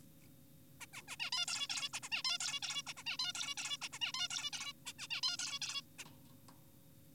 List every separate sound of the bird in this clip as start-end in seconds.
0.81-0.86, 0.94-1.02, 1.08-1.16, 1.20-1.30, 1.32-1.46, 1.48-1.67, 1.70-1.89, 1.94-2.00, 2.03-2.09, 2.12-2.23, 2.25-2.38, 2.40-2.60, 2.62-2.82, 2.87-2.94, 2.97-3.04, 3.06-3.17, 3.19-3.33, 3.35-3.55, 3.58-3.77, 3.82-3.88, 3.93-3.99, 4.02-4.12, 4.14-4.28, 4.30-4.50, 4.53-4.73, 4.86-4.93, 4.99-5.08, 5.11-5.21, 5.23-5.37, 5.39-5.59, 5.62-5.82, 5.99-6.04